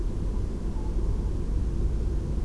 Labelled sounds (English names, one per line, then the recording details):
Tawny Owl
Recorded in Germany
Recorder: ecoPi